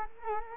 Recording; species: mosquito wingbeat signal from an infrared sensor; Culex quinquefasciatus